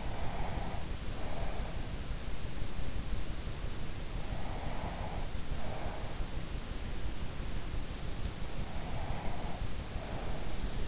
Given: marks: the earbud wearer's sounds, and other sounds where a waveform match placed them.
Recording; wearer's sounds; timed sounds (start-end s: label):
sounds in sleep by an in-ear microphone; breath
0.00-1.93 s: breath
4.16-6.38 s: breath
8.53-10.88 s: breath